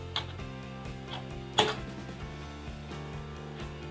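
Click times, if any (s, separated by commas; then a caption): none. A graphics card is handled at a motherboard's PCIe slot over steady background music, with two brief sharp handling sounds at about 0.2 and 1.6 seconds. The card has not seated or clicked into the slot yet.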